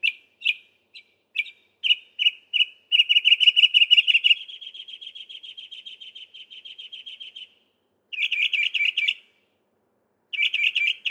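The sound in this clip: Northern mockingbird song: scattered chirps, then a long fast rattling series of repeated notes that fades, followed by two bursts of rapid buzzy repeated notes.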